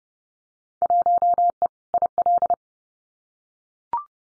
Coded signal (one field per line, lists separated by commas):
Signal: Morse code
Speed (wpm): 30 wpm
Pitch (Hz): 700 Hz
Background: none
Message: 1E IL